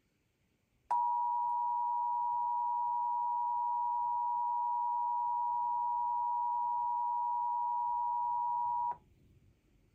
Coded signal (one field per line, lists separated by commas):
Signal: Emergency Alert System (SAME) tones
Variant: 853 and 960 Hz attention tone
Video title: EAS #3535 IL RMT on WGN-TV